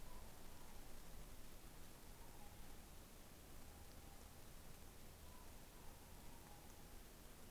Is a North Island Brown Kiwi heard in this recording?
no